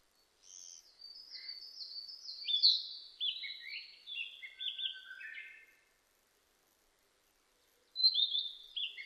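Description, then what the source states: Narcissus flycatcher song, a long run of high chirps and whistled notes, with a short burst of song starting again near the end. Recorded 25 April 2006.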